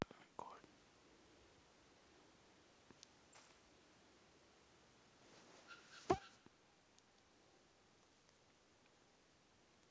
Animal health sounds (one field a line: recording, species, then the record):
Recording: mosquito flight sound by mobile phone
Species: Aedes sierrensis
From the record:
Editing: field recording with all noises